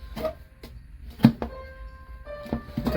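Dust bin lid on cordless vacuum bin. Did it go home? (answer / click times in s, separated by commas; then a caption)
no / none. The hinged plastic dust-bin lid of a Dyson V8 cordless stick vacuum is pushed closed, and it knocks against the bin in sharp taps at about 0.6, 1.3, 1.4, 2.5 and 2.9 seconds. The worn catch no longer holds the lid shut, so nothing has latched or clicked.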